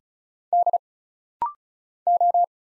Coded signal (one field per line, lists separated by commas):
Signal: Morse code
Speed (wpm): 36 wpm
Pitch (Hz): 700 Hz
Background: none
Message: D O